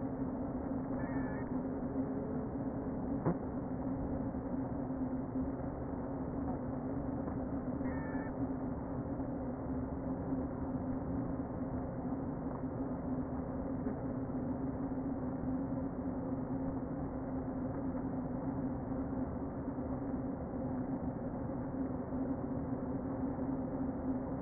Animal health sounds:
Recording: honeybee colony, microphone inside the hive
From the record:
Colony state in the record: queen present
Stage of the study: before two queens were removed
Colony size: about 60,000 bees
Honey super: yes

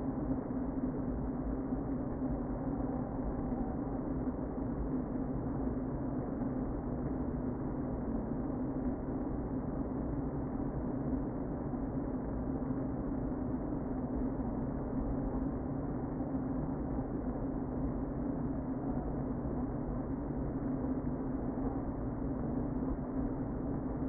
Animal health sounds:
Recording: honeybee colony, microphone inside the hive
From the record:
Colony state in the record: queen present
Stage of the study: before two queens were removed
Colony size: about 60,000 bees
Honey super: yes

